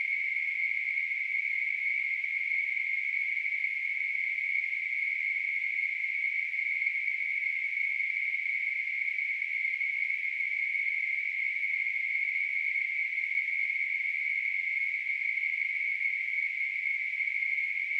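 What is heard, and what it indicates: A steady, unchanging high-pitched hissing band of noise plays without pause for the full 18 seconds. It is a simulation of tinnitus, the ringing or hissing that a person with the condition hears constantly in the ears.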